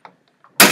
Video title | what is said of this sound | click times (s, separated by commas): Vrienden Umbrellas - Vent Top Rib Install/Replace | downward until it locks in place like so. | 0.6 s